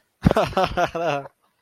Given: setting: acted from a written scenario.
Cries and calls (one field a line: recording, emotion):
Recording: vocal sound without words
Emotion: amusement